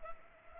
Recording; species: mosquito wingbeat signal from an infrared sensor; Culex pipiens